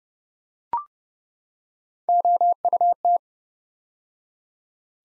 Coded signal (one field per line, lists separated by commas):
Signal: Morse code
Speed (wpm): 30 wpm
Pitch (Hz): 700 Hz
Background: none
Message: OUT